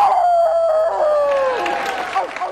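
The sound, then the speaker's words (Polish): Actress Frances McDormand, celebrating her Oscar win at the ceremony, lets out a long imitation of a wolf howl, a sustained tone gliding slowly downward over about two seconds, with crowd noise and scattered applause rising underneath. “Dedykuję ją naszemu wilkowi.”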